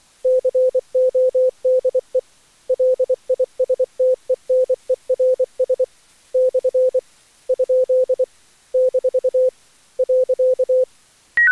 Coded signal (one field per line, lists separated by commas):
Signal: Morse code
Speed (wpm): 24 wpm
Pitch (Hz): 510 Hz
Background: none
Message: CODE LISTENERS / ? - .